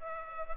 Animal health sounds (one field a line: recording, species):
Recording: mosquito wingbeat signal from an infrared sensor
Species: Culex pipiens